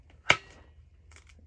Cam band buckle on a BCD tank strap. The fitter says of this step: good snap and then the velcro lays across to make sure that this doesn't get caught on anything